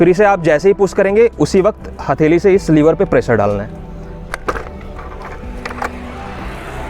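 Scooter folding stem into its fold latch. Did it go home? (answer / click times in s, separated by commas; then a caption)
no / none. Someone talks while an electric kick scooter's stem is pushed and folded toward its fold latch, with a palm pressing on the metal fold lever. After the talking, sharp handling knocks and clacks sound around 4.3–4.6 s and again near 5.7–5.8 s over low background noise. Nothing has seated or clicked yet; the latch has not engaged.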